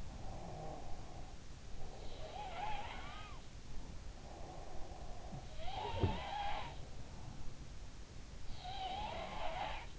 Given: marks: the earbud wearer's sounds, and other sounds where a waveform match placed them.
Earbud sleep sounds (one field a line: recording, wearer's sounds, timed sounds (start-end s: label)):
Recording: sounds in sleep by an in-ear microphone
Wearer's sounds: breath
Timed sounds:
0.00-2.53 s: breath
3.99-5.90 s: breath
5.32-7.66 s: sound from someone else or the room
8.44-9.99 s: sound from someone else or the room